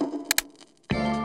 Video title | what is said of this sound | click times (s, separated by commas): Installing The Instant Lab Universal Cradle | you will hear it click into the front and back of the Cradle | 0.3 s, 0.4 s